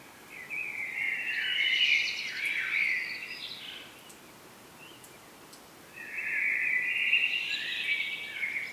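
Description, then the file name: Common blackbird, warbled phrases around a steady mid-high pitch, one long phrase lasting about three seconds, then a pause and a second similar phrase, over a constant hiss. "Turdus merula"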